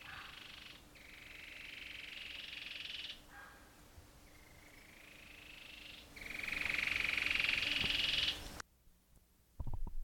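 Cherrie's antwren trills, fast pulsed notes rising gently in pitch, given twice, each partly overlapped by a louder broad buzzy trill, then brief clicks after a quiet pause.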